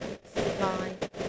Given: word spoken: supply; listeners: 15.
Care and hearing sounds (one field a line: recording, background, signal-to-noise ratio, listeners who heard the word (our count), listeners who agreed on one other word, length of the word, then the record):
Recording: one English word in noise, from a listening test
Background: noise modulated by three-talker babble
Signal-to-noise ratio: -3.7 dB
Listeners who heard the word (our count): 2 of 15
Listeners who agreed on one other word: 6 of 15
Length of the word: 0.89 s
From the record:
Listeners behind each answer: 6, 2, 2, 1, 1, 1, 1, 1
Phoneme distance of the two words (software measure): 24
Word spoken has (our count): 2 syllables, 5 phonemes, stress on syllable 2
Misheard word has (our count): 2 syllables, 5 phonemes, stress on syllable 2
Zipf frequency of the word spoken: 4.48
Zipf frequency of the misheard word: 4.64